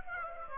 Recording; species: mosquito wingbeat signal from an infrared sensor; Aedes aegypti